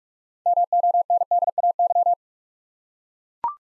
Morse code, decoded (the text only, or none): MONDAY